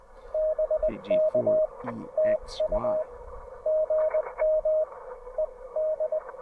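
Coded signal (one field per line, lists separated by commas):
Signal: Morse code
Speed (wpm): 20 wpm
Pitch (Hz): 620 Hz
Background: speech, radio noise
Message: BK TU GM ED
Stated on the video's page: CW from a QRP portable park activation (POTA) with a Penntek TR45L and a homebrew end-fed half-wave antenna.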